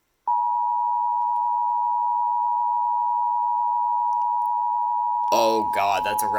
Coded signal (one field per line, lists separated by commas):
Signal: Emergency Alert System (SAME) tones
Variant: 853 and 960 Hz attention tone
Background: speech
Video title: EAS 1245 PDS TOR NWS Amarillo